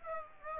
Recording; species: mosquito wingbeat signal from an infrared sensor; Aedes albopictus